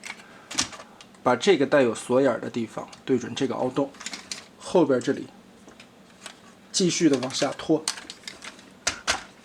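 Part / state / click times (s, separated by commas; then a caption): plastic leg panel into its lock slot on a transforming robot toy / seated / 8.9 s. Someone talks while a plastic leg panel on a transforming robot toy is slid down toward its lock slot, with small plastic taps and clicks along the way. A sharp click at 8.9 s marks the panel clipping into place, and it is confirmed seated.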